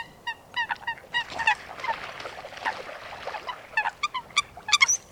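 Coots calling with quick, nasal honking notes in uneven bursts over a soft background hiss.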